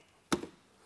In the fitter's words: The black locking ring come around. You'll hear it click.